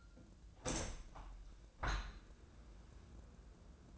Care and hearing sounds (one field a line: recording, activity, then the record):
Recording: daily activity, microphone in the room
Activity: open window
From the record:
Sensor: 2